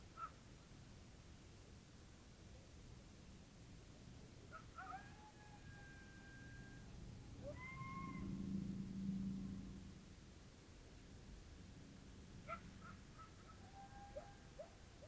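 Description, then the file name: Coyote howls: a few sliding, wavering howls midway and yips near the end, with a low rumbling swell between them. Several coyotes at Usery Park, Arizona. "coyotes usarypark az"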